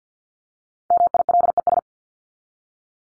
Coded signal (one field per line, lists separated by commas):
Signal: Morse code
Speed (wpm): 48 wpm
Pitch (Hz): 700 Hz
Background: none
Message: MILES